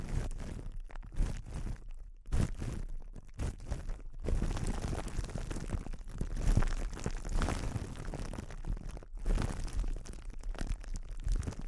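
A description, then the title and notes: Crinkling and crunching, like plastic or foil being handled, with busy, irregular crackles running through most of the twelve seconds. Short near-silent gaps break it up around two, four and nine seconds. A low rumble sits underneath throughout. ASMR Sensitive Crinkles (No Talking).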